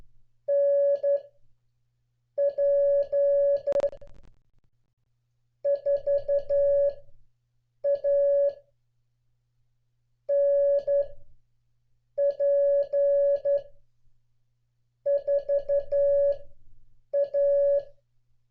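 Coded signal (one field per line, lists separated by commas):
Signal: Morse code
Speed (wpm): 12 wpm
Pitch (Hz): 560 Hz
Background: none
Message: NP4A NP4A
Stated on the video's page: Call sign copying practice for CW students, made to resemble on-air listening with no instant feedback.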